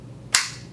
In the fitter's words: keeps my finger out of Harm's Way extremely safe extremely easy to use once again the audible click